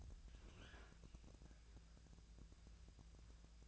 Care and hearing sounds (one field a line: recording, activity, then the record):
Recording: daily activity, microphone in the room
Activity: open fridge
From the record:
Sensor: 2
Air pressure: 999.9 hPa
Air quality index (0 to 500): 120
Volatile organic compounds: 2 ppm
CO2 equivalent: 1028 ppm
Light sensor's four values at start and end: 34/85/36/41 and 34/85/36/41